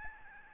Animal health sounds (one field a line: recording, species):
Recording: mosquito wingbeat signal from an infrared sensor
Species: Aedes albopictus